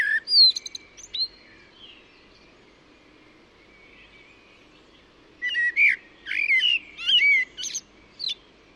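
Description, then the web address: Bird calls open with a few whistled notes, then after a quiet spell a lively burst of warbled, slurred chirps follows. "cianscape birddata Deverinetal 2025 Bird Only Tu Me Tu Me"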